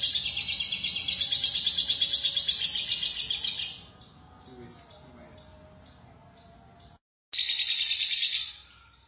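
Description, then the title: Lovebird chattering song: a dense, harsh, high twittering burst for about four seconds, a quiet pause, then another short burst of chatter. "Suara Burung Lovebird"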